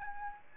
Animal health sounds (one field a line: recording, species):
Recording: mosquito wingbeat signal from an infrared sensor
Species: Aedes albopictus